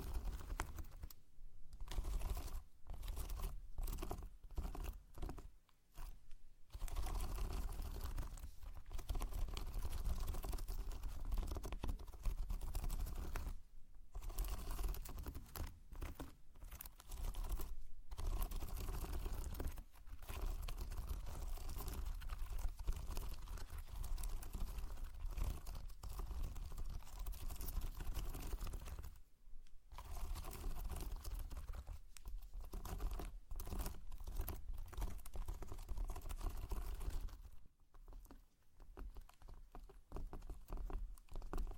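Slime is squished and pressed, making dense sticky crackles and wet clicks with brief pauses scattered throughout.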